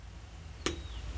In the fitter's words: so clips into place and then it's very securely posted which is very nice I like that